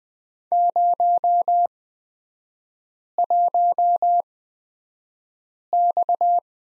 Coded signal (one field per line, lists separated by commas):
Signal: Morse code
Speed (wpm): 20 wpm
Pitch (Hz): 700 Hz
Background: none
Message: 01X